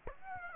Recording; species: mosquito wingbeat signal from an infrared sensor; Aedes aegypti